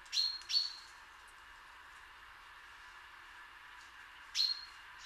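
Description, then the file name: Common chaffinch calls: three short, sharp high notes, two close together at the start and one more after a long pause, over a steady faint hiss. "Fringilla coelebs"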